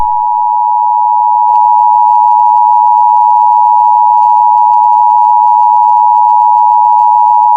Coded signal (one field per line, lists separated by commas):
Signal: Emergency Alert System (SAME) tones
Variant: 853 and 960 Hz attention tone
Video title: The Unknown - TV TV's EAS Mocks #1